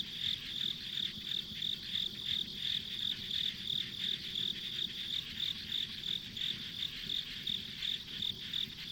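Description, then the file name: Insects chirping: a steady, high-pitched pulsed chirp repeating about three times a second over a dense, continuous insect buzz. Ambient insect sounds on a country road. "田舎道の虫の環境音"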